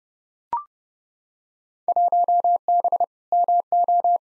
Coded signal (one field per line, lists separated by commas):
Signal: Morse code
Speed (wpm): 30 wpm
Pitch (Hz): 700 Hz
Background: none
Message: 1B MO